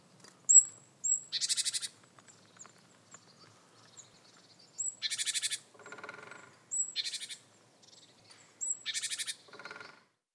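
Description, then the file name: Great tit calls: a thin high note followed by a harsh buzzy churr, repeated several times, with lower rasping bursts between some calls. "Parus major"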